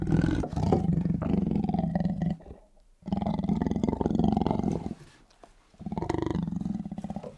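Tiger: big cat growling in long, pulsing, rasping bouts, three of them with short pauses between.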